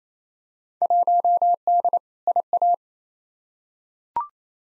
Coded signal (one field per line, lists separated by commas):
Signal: Morse code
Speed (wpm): 28 wpm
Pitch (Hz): 700 Hz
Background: none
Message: 1D IA